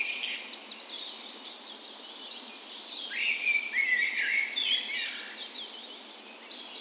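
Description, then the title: Birds in a dawn chorus, overlapping twitters and high thin notes with a louder warbled phrase in the middle. Spring dawn chorus recorded on the morning of 17 May, Norway's National Day, in a park west in Bergen, Norway; Sony PCM A10 recorder with LOM micro Usi microphones as tree ears. "17th Of May Dawn Chorus"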